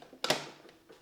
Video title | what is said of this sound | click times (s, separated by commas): Fellow Aiden Coffee Maker - Best Batch Brewer | you can hear an audible click as that valve is then opened | 0.2 s